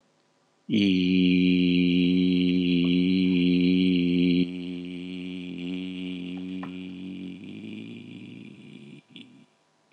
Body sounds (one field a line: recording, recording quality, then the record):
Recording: sustained vowel as in beet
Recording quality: excellent, no background noise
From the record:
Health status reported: healthy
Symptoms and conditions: hypertension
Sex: male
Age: 49 years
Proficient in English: yes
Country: India